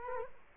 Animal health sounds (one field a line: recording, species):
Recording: mosquito wingbeat signal from an infrared sensor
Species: Culex quinquefasciatus